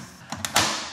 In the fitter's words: बस पूरी तरह से क्लिक किया हाँ